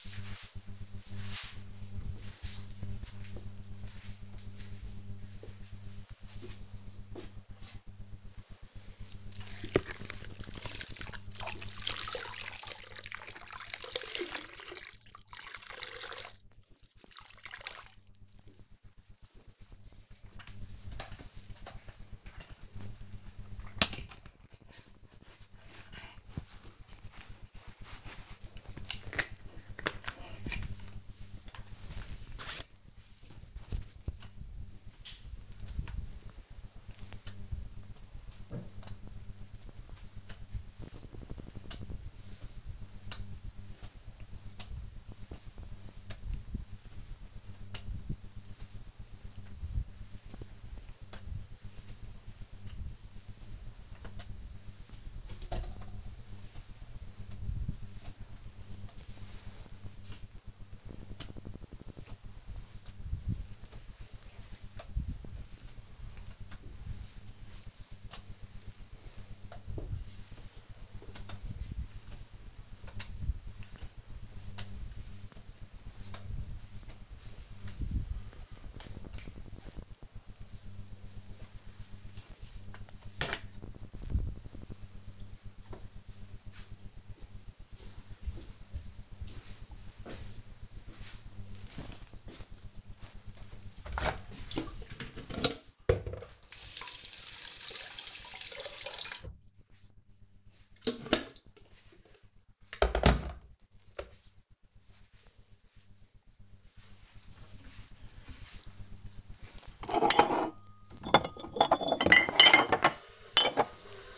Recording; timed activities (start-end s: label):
household activities, microphone on the right wrist
7.88-81.43 s: floor cleaning
92.51-114.18 s: making tea